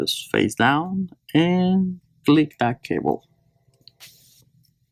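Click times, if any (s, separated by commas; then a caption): 3.9 s. Someone talks while the home button's flex cable connector on an iPhone 6 is flicked face down onto its socket on the replacement screen assembly. A sharp click is heard at 3.9 s, and the connector is seated and perfectly attached.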